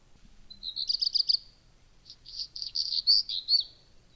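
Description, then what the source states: Black redstart song: a thin whistled opening, a quick rattling run of notes, a short pause, then a scratchy, crackling phrase ending in sharp notes. Sings early in the morning from a high perch, upright and jerking its tail; in the breeding season sings continuously, increasingly as spring approaches.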